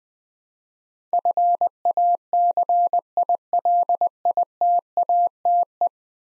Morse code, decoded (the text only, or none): FACILITATE